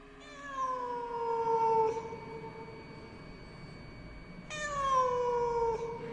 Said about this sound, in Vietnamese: hòng đuổi con mèo ra. Nó kêu lên một tiếng, rồi nhảy vọt ra ngoài cửa sổ, biến mất trong màn đêm, để lại những âm thanh cô liêu ghê rợn.